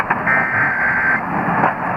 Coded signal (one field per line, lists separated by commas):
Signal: Emergency Alert System (SAME) tones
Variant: header bursts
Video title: August 2021 Tennessee RMT on WLAC and WSM | 8/3/21 | EAS 418-419